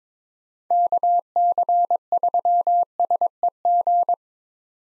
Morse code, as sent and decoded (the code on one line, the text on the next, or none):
-.- -.-. ...-- ... . --.
KC3SEG